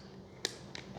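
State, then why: Seated. A landing gear leg is slid into the plastic fuselage mount of a Volantex P-47 400mm RTF foam RC warbird. It snaps into its slot with a sharp click at 0.5 s, followed by a quieter click at 0.8 s, and the gear is seated in place.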